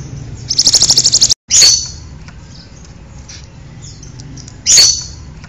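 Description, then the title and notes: Bird song: a fast, high buzzy trill, a sharp chirp right after it, a quiet spell, then one more chirp. "Bird Sound. Kicau Burung Lengkap"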